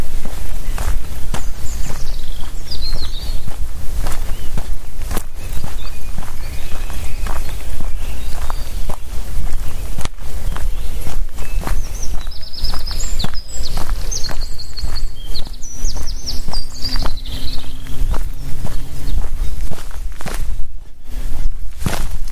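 A walk in the forest, with steady crunching footsteps sounding at a regular pace through the whole clip over a low rumble. Bird calls chirp now and then above them, most clearly around the middle, and a faint low hum runs briefly near the end.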